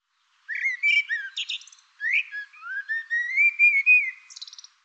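Bird song: a long phrase of chirps and a drawn-out rising whistle, closing with a rapid run of short notes.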